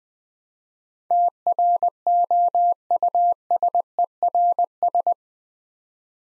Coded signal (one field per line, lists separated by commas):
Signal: Morse code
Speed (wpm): 20 wpm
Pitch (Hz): 700 Hz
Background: none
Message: TROUSERS